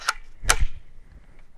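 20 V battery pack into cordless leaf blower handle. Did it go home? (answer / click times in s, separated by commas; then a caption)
yes / 0.5 s. A 20 V slide-on battery pack is pushed into the handle socket of an Aoetree cordless leaf blower. A lighter tick at 0.1 s is followed by a sharp, loud snap at 0.5 s and a brief low thump just after, then quiet. The battery latches and is seated in the blower.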